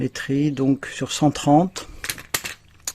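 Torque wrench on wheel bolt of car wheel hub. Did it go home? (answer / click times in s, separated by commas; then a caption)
yes / 2.4 s, 2.9 s. Someone talks while a torque wrench set to 130 tightens a wheel bolt on the refitted rim of a Mercedes C-Class W205 wheel hub, after the brake discs and pads have been changed. Short ratcheting clicks follow, and the wrench clicks at its setting at 2.4 s and again at 2.9 s.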